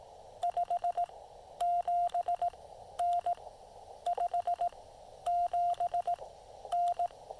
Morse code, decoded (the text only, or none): 57N 57N